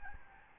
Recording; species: mosquito wingbeat signal from an infrared sensor; Aedes albopictus